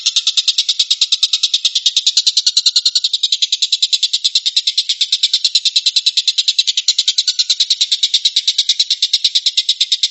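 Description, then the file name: Stork-billed kingfisher sounding a sustained, fast rattle of buzzy clicks, unbroken and steady throughout. Tembakan, a rapid "shooting" call style. "suara tembakan tengkek buto"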